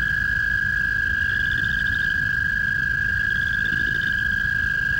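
American toad call, one sustained even trill running throughout without a break, with low rumbling noise underneath.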